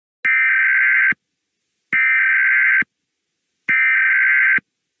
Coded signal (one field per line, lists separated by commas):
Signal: Emergency Alert System (SAME) tones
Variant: header bursts